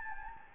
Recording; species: mosquito wingbeat signal from an infrared sensor; Anopheles gambiae